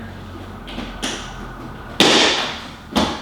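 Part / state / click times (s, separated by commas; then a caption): carbon fiber fender extender trim into front fender mount / seated / 2.0 s. A carbon fiber fender extender trim piece is pushed onto the front fender of a C7 Corvette. After a few faint ticks, it snaps into its mounting point with a sharp, loud click at 2.0 s, followed by a softer snap near 3.0 s. The trim is seated in place.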